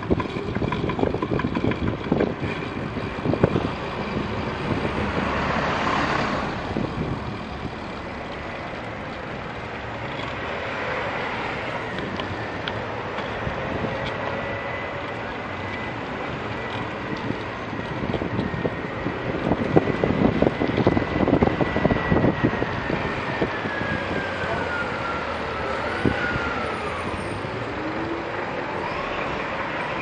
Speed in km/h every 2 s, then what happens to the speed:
22, 17, 14, 8, 9, 9, 13, 16, 17, 17, 15, 13, 9, 5, 0.
0-6 slows to 8. 6-18 speeds up to 17. 18-30 slows to 0.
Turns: none.